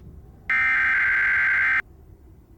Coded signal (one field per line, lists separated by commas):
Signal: Emergency Alert System (SAME) tones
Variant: header bursts